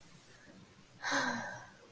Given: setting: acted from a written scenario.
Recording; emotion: vocal sound without words; serenity